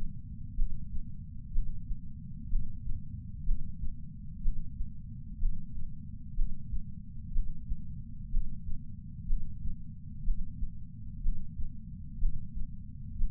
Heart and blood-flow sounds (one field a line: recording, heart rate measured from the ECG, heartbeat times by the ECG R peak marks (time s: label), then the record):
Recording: heart sounds by patch sensor on the chest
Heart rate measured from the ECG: 62 bpm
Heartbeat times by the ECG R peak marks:
0.56 s: heartbeat
1.52 s: heartbeat
2.49 s: heartbeat
3.45 s: heartbeat
4.42 s: heartbeat
5.39 s: heartbeat
6.35 s: heartbeat
7.33 s: heartbeat
8.30 s: heartbeat
9.27 s: heartbeat
10.24 s: heartbeat
11.22 s: heartbeat
12.19 s: heartbeat
13.17 s: heartbeat
From the record:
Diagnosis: coronary artery disease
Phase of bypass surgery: preoperative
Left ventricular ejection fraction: 36.6%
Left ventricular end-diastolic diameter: 43 mm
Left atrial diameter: 33 mm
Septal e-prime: 3.9 cm/s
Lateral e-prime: 8 cm/s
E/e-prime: 10.3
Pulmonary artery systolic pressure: 22 mmHg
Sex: female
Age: 80 years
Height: 150 cm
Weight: 49 kg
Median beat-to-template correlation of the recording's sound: 0.90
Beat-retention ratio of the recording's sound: 0.98